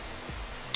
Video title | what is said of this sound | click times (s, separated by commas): INNO3D_iChill_GTX560 (OC) Review By CompleteTV | เครับกดลงแป๊บล็อค | 0.7 s